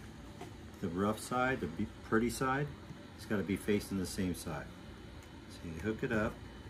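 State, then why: Not seated. An accessory piece from a DJI Pocket 3 combo kit is lined up with the correct side facing out and hooked onto the pocket gimbal camera while someone talks over a steady low background hum. Nothing has seated or clicked yet; the clip ends just before the part goes home.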